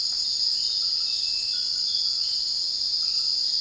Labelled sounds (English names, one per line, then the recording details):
none
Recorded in dense forest near Puerto Asís, Putumayo, Colombia, on 18 February 2024 at 04:00
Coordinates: 0.481, -76.318
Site G6421